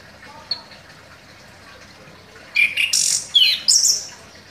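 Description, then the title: Orange-headed thrush song, a faint whistle then, after a pause, a loud cluster of scratchy and whistled notes in quick bursts near the end. Singing vigorously (gacor). "Anis Kembang Gacor"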